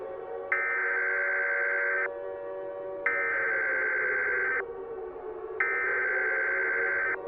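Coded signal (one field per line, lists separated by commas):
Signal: Emergency Alert System (SAME) tones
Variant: header bursts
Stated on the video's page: Fictional EAS short with loud noises.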